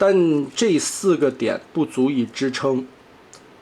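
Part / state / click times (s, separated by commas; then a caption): plastic toy panel clasp closing onto the toy body / seated / 3.3 s. Someone talks for about the first three seconds. Then, in the last transformation step of a tiny Megatron Transformers robot toy, its plastic panels close onto the body: two tiny bumps meet two recesses at four clasp points, giving one faint tick at 3.3 s. The panel is clasped, but only as a locating fit without a firm, tight plug-in feel, because the four clasp points are not enough to hold it.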